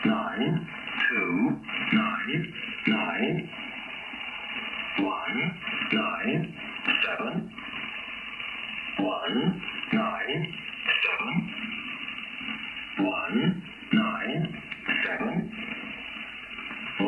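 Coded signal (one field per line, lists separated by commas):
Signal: numbers station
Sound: short spoken words in regular groups over steady radio hiss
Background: radio static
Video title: Cross Country Wireless SDR receives Numbers Station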